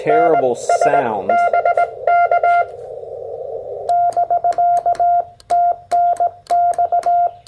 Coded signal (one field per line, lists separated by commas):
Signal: Morse code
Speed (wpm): 17 wpm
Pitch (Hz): 690 Hz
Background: speech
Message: NS BK <BK> TNX